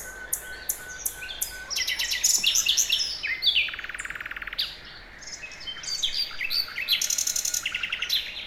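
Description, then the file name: Common nightingale delivering rich, varied song: scattered high chips, then dense rapid trills and rattles in several bursts separated by brief gaps. "Luscinia megarhynchos"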